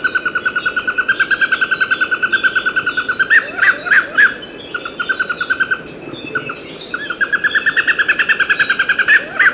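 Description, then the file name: Fire-footed rope squirrel calling in long rapid series of short chipping notes, broken by louder upswept notes. Abidjan, Côte d'Ivoire. "Funisciurus pyrropus Dolly Minis Abidjan Macaulay Cornell"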